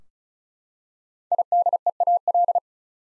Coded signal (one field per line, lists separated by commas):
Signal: Morse code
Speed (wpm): 36 wpm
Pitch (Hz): 700 Hz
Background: none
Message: IDEAL